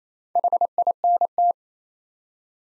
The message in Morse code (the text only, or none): HINT